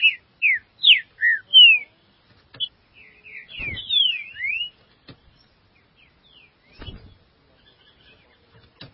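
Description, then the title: Green-winged saltator delivering bright, falling whistled notes, first a run of separate loud notes, then softer quick slurs, with occasional dull thumps. "Trinca Ferro"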